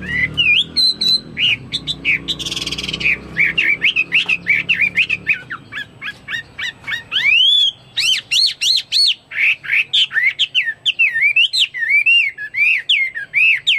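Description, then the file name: Chinese hwamei song: an energetic, varied stream of whistled slurs, fast repeated notes and looping phrases, with a brief noisy rustle early on. "omkicau hwamei"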